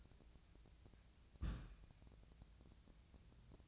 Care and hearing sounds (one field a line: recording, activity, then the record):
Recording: daily activity, microphone in the room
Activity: place on stove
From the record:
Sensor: 2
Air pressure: 1009.9 hPa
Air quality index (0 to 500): 179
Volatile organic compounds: 10 ppm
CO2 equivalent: 2238 ppm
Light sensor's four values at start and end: 30/74/32/35 and 30/75/32/36